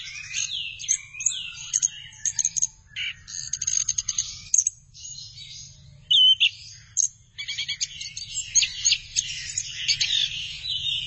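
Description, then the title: Thrush delivering a rapid, jumbled song of high twitters, clicks and short whistled notes, continuing in quick bursts throughout. "burung anis x"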